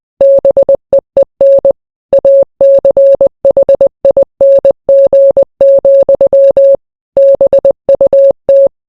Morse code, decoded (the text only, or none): BEEN ACHING, BUT